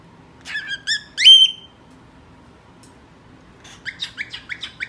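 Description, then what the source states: Cockatiel calls: a few harmonic whistles, one rising sharply, followed after a pause by a quick series of short bright chirps. Several cockatiels singing, whistling.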